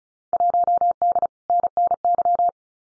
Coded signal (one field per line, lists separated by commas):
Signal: Morse code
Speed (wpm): 36 wpm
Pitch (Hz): 700 Hz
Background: none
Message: 1D NNY